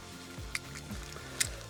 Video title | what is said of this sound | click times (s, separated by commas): Le meilleur accessoire Tune Up's Majorette est ??? | attendez là c'est un petit peu plus large donc conforte un petit peu plus voilà ça se clipse bien | 0.6 s, 1.4 s